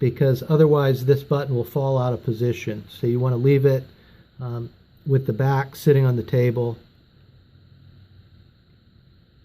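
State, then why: Not seated. Someone talks while the front half of a plastic Toyota 4-button remote key fob case is placed on top of the back half, which stays sitting on the table so the button does not fall out of position. The case halves are only lined up before being pressed together, and nothing has clicked or seated yet. The talking stops around 6.8 seconds, leaving a quiet stretch to the end.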